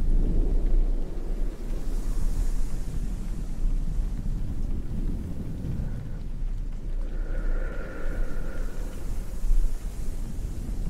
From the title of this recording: soft mic brushing & slow breathing